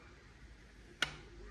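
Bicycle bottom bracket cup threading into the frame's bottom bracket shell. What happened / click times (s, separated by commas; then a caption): The threaded metal cup dropped into its thread start with a click / 1.0 s. A bicycle bottom bracket cup is turned backwards (reverse-threaded) in the greased metal bottom bracket shell of the frame until the thread start drops into alignment. A single short, sharp click sounds at 1.0 s over quiet background noise. This shows the cup is seated to thread on straight without cross-threading.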